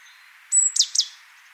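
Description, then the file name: Great tit call: a thin, high, level whistle followed by two quick, sharply falling notes, all within about half a second, over a faint steady background hiss. "Parus major"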